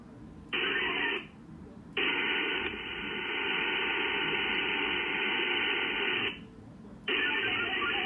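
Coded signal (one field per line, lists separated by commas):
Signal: HF data modem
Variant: VARA HF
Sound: dense hissing data bursts filling the audio band, separated by short pauses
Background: radio static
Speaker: there it is I just checked email my kj4 yiwi link.org viah HF radio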